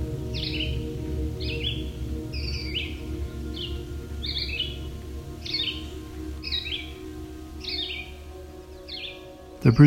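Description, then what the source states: Red-eyed Vireo repeating short slurred whistled phrases in a steady run, low background hum, ending with a sudden thump. Song likened to 'vireo, vireo, vireo'; heard in forests across North America on hot summer days; audio modified for listeners with high-frequency hearing loss.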